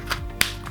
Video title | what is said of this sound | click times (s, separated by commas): Is This the Best Way to Clean Your PS5 Pro? Electric Air Duster Tested | You put it on, give it a twist, it locks in place, you are ready to go. | 0.4 s